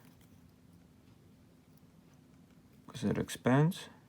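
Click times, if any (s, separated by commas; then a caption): none. The spring bar of a replacement watch band is handled between the watch case lugs, being wiggled so its pin can expand into the lug hole. A quiet, steady background fills most of the clip before someone talks near the end. Nothing has seated or clicked yet.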